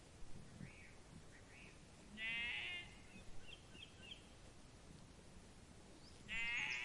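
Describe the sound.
Sheep bleating twice, a high, tremulous bleat followed by another at the end, with faint bird chirps in between.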